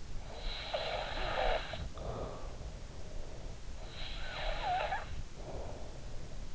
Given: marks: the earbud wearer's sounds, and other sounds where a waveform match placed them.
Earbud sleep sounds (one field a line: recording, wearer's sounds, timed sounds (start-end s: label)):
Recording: sounds in sleep by an in-ear microphone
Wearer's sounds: snoring breath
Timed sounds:
0.27-2.93 s: snoring breath
3.88-6.02 s: snoring breath